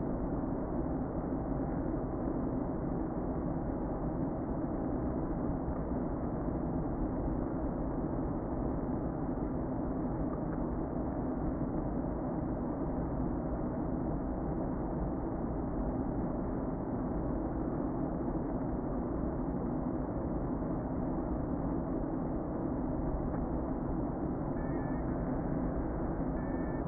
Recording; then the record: honeybee colony, microphone inside the hive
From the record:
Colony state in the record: queen present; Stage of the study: before two queens were removed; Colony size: about 60,000 bees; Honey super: yes